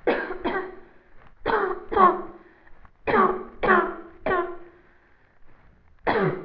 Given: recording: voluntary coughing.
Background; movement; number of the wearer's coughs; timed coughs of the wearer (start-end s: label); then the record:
quiet; sitting; 8
0.04-0.39 s: cough
0.44-0.73 s: cough
1.45-1.78 s: cough
1.93-2.22 s: cough
3.06-3.42 s: cough
3.61-3.98 s: cough
4.24-4.60 s: cough
6.05-6.45 s: cough
From the record:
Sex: female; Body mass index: 18.3 kg/m2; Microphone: on the chest, facing the body